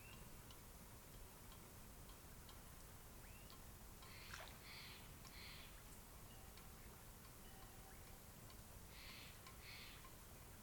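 A cloudy night beside Taylor Lake, heard as a steady, even hush with a low rumbling undertone. Faint ticking clicks are scattered throughout, and short bursts of bright, rapid chirping rise briefly around the middle and again near the end.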